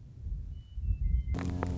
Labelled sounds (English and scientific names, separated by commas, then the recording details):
Western Meadowlark (Sturnella neglecta)
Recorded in Sonoma County, California